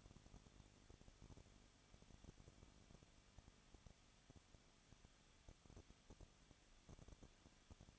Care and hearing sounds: daily activity, microphone in the room; no activity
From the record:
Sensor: 4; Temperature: 23.0 degrees Celsius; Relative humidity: 34.0%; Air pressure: 1007.3 hPa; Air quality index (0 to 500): 215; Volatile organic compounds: 14 ppm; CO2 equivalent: 2475 ppm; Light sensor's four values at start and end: 2/3/1/1 and 2/3/1/1

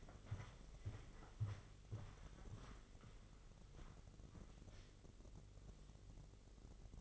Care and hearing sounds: daily activity, microphone in the room; walk to room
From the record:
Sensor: 4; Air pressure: 996.4 hPa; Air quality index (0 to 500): 70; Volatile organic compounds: 2 ppm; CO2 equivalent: 1283 ppm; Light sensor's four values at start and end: 17/47/18/20 and 19/53/20/22

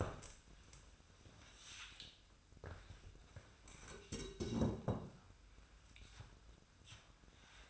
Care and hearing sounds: daily activity, microphone in the room; stand up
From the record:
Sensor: 2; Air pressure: 1004.9 hPa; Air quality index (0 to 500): 90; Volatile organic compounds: 2 ppm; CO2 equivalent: 1080 ppm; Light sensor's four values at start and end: 7/17/7/7 and 7/16/7/7

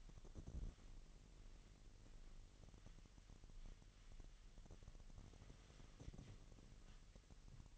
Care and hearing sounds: daily activity, microphone in the room; wipe stove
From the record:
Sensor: 4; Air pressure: 1001.9 hPa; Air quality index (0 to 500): 248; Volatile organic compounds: 40 ppm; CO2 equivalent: 3156 ppm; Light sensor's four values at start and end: 9/19/7/7 and 9/19/7/7

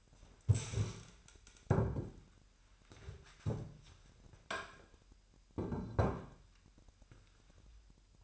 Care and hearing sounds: daily activity, microphone in the room; stand up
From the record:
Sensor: 2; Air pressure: 998.3 hPa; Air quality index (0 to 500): 129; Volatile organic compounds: 3 ppm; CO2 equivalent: 1462 ppm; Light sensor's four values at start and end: 7/18/7/8 and 6/14/6/6

